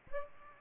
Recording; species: mosquito wingbeat signal from an infrared sensor; Aedes aegypti